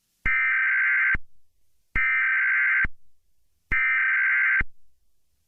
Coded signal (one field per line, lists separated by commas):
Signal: Emergency Alert System (SAME) tones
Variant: header bursts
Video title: EAS Scenario: Smile Tv Shutdown